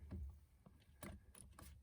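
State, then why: Not seated. A plastic clip on an F150 multi-function switch is slipped into its channels in the steering column and pushed down so it should click. Only soft rustling and brief taps are heard, with sudden sounds around 1.0, 1.4 and 1.6 s. Nothing has clicked, yet the piece is in place.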